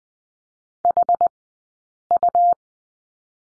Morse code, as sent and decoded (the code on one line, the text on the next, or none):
.... ..-
HU